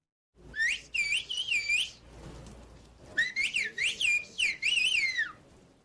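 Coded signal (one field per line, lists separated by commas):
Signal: whistled language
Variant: Silbo Gomero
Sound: loud shrill whistled phrases with rising and falling glides, two bursts separated by a pause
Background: faint background hiss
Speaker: the language called silbo gomero was based on castilian spanish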